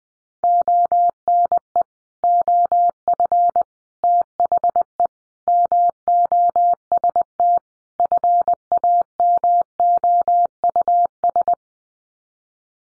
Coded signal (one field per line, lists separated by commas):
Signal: Morse code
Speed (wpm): 20 wpm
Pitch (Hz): 700 Hz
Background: none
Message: ONE OF THE MOST FAMOUS